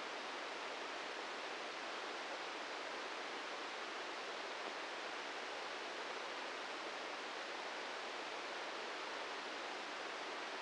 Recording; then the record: brain microelectrode recording played as sound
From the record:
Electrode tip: inside the subthalamic nucleus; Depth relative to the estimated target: -2 mm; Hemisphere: right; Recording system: NeuroSet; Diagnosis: Parkinson's disease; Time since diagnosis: 13 years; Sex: male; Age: 63 years